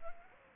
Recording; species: mosquito wingbeat signal from an infrared sensor; Anopheles arabiensis